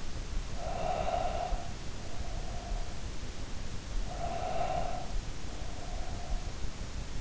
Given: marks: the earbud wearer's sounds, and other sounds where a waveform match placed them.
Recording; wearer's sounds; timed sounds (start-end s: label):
sounds in sleep by an in-ear microphone; breath
0.54-2.99 s: breath
3.86-6.64 s: breath